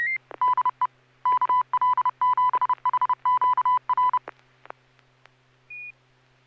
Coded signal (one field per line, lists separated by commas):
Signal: Morse code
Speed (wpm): 30 wpm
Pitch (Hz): 1000 Hz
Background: music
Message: DE KL7HQR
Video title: N6NA SSTV Net - 08/14/2024